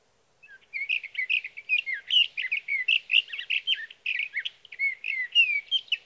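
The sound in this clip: Sage thrasher song, a long run of rapid warbled and slurred notes, steady and bright, kept up for over five seconds.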